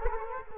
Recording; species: mosquito wingbeat signal from an infrared sensor; Culex quinquefasciatus